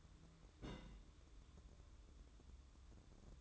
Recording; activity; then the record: daily activity, microphone in the room; place on stove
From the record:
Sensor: 3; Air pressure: 1008.1 hPa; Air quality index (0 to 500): 132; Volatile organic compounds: 2 ppm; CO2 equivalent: 1090 ppm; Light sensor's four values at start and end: 8/20/8/8 and 8/20/8/8